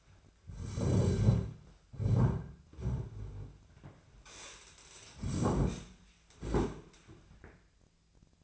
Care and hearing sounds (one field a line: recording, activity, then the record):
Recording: daily activity, microphone in the room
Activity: sit down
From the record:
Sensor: 2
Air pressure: 1008.0 hPa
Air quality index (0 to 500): 180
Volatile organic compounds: 10 ppm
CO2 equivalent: 2210 ppm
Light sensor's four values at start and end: 10/25/10/11 and 10/25/10/10